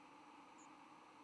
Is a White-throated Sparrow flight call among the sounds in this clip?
no